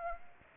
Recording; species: mosquito wingbeat signal from an infrared sensor; Aedes aegypti